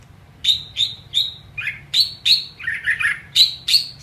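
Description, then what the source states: White-rumped shama song: crisp sharp repeated chip-like notes at a steady quick pace, broken twice by lower rough chattering phrases, over a faint low hum. Masteran training recording.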